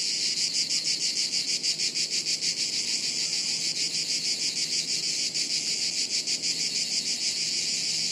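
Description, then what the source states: Cicada chorus, an intense high buzz with fast, regular throbbing pulses. Chorus of cicadas high in the trees, woods near Sirolo, Italy, hot afternoon, August 23.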